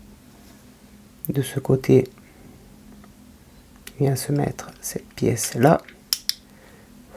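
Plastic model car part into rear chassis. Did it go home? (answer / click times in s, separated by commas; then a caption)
yes / 6.1 s, 6.3 s. A plastic part is pressed into its spot on the rear chassis of a 1/8 scale Subaru Impreza WRC 2003 model car while someone talks. Two sharp, loud snaps are heard at 6.1 s and 6.3 s as the part seats in place.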